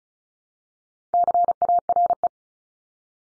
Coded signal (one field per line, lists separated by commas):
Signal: Morse code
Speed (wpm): 36 wpm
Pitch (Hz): 700 Hz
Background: none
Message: CARE